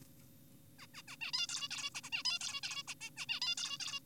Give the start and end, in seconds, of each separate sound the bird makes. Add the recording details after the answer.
0.79-0.87, 0.94-1.02, 1.08-1.16, 1.21-1.32, 1.34-1.47, 1.49-1.68, 1.71-1.90, 1.95-2.01, 2.04-2.10, 2.12-2.23, 2.25-2.39, 2.41-2.61, 2.63-2.83, 2.88-2.94, 3.01-3.10, 3.17-3.26, 3.29-3.40, 3.42-3.55, 3.58-3.78, 3.80-4.00. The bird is an adult. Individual g4p5U